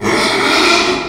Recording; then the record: squeal of a Yucatan mini pig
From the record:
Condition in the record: after surgery on the right vocal fold (resection and tissue-engineered implant); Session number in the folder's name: 2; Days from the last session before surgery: 13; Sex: male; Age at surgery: 12 weeks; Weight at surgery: 13 kg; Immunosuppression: cyclosporine, prednisolone